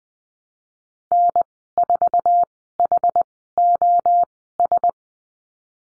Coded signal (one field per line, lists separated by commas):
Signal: Morse code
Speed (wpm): 20 wpm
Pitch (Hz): 700 Hz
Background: none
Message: N4HOS